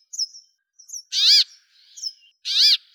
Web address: Fringilla montifringilla